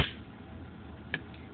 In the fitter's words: You hear that click, it's engaged.